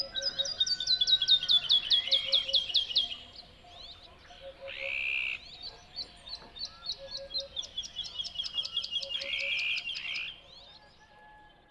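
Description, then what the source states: Bird song given as two long, rapid trilled phrases, each ending in a buzzy note, with a short pause between them. Song delivered from a tree in the Spanish dehesas.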